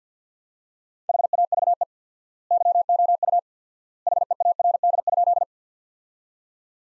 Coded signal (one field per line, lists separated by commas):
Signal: Morse code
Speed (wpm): 50 wpm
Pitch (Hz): 700 Hz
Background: none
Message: HAVE YOU HEARD?